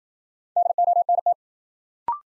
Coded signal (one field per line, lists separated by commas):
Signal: Morse code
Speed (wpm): 52 wpm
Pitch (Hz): 700 Hz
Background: none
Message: DONT